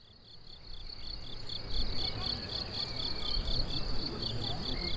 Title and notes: Chindrieux, France - grillons et chevaux. Près d'une prairie les grillons s'en donne à coeur joie